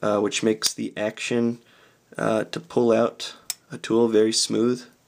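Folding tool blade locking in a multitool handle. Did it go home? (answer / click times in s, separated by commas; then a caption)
no / none. A steel folding tool is being handled on a Victorinox Spirit X multitool, pulled out of the handle on its own spring toward its locked open position. Someone talks throughout, with only faint handling sounds under the voice. Nothing has seated or clicked yet; the clip ends just before the tool locks home.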